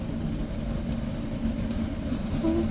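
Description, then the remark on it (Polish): Steady low rumble of a moving tram in Warsaw on car-free day, with a constant droning hum and faint rattling, plus brief higher whining tones rising over the noise near the end. No one speaks. “Dzień dobry, czy pani specjalnie dzisiaj tramwajem, bo dzień bez samochodu?”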